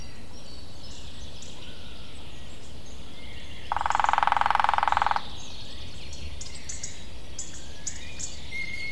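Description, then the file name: Lesser spotted woodpecker drumming: one rapid, even roll of taps lasting about one and a half seconds, with faint bird calls in the background. "kis fakopáncs dobolás"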